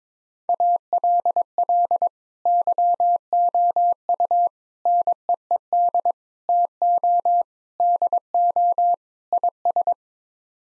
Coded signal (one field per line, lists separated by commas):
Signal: Morse code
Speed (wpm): 22 wpm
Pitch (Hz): 700 Hz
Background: none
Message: ALL YOU NEED TO DO IS